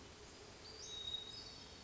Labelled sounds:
Western Flycatcher
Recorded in Sonoma County, California

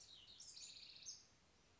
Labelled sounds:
House Wren
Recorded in Sonoma County, California

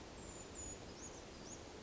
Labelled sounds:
Brown Creeper
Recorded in Sonoma County, California

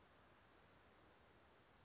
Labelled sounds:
Western Flycatcher
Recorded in Sonoma County, California

